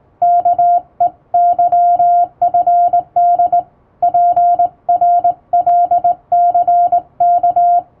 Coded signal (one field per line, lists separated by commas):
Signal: Morse code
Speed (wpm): 19 wpm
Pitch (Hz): 700 Hz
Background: music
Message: KEYFD PRLCK